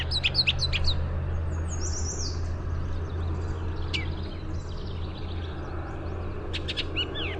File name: BUOR song